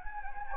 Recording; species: mosquito wingbeat signal from an infrared sensor; Anopheles gambiae